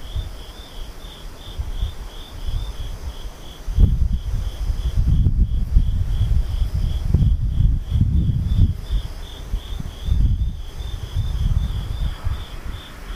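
Insects chirp in a steady, fast pulsing trill high up throughout, over low rumbling gusts that swell from about four seconds onward.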